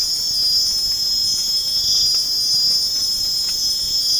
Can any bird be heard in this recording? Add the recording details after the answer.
no. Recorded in pastures near Puerto Asís, Putumayo, Colombia, on 25 June 2025 at 04:00. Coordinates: 0.496, -76.326. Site GP01